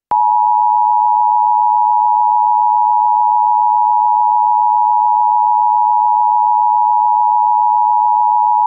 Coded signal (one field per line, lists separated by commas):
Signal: Emergency Alert System (SAME) tones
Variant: 853 and 960 Hz attention tone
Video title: EAS Scenario: Ruined Vacation